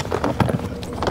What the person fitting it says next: it just pops right in there